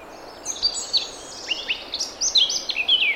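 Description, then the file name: Eurasian blackcap song, a busy stream of quick chattering and warbled notes, growing fuller toward the end. "Sylvia atricapilla"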